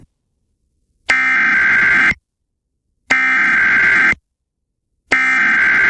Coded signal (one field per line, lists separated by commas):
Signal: Emergency Alert System (SAME) tones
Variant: header bursts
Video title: EAS tornado warning in Galveston Texas on kaltmedia.ml (11-24-2022) #emergencyalert #tornado